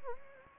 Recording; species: mosquito wingbeat signal from an infrared sensor; Anopheles gambiae